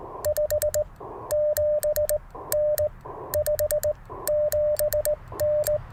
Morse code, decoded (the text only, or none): 57N 57N